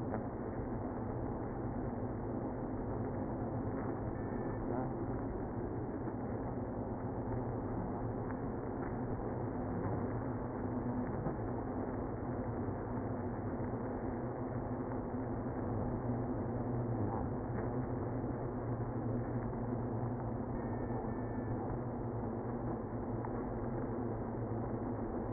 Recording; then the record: honeybee colony, microphone inside the hive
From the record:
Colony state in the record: queenless (queen removed); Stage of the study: after two queens were removed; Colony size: about 60,000 bees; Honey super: yes